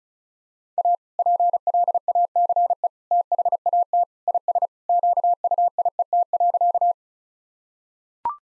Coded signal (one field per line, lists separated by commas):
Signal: Morse code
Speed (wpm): 34 wpm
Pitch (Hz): 700 Hz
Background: none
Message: A PLACE THAT IS QUIET.